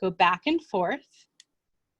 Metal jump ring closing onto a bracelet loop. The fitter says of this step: and i don't know if you can hear that little click but there's a little click that you'll hear when that jump ring